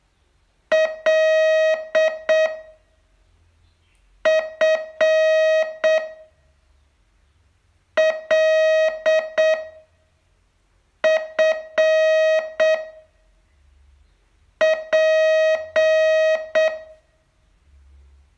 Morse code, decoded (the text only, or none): L F L F P